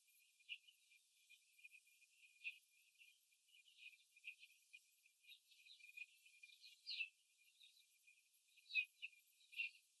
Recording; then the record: young laying hens in a cage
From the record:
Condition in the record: after the stressor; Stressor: simulated dog barking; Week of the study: 3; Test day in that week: 2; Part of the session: 4